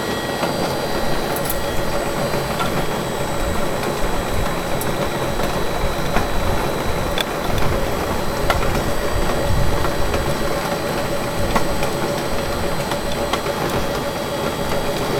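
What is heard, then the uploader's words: Machines run in a steady, dense mechanical drone with a low rumble and a constant whirring hum in the middle. Faint clicks and sharp ticks surface every second or two, and a thin high whine sits above throughout, never letting up. Factory. The sound of the machines.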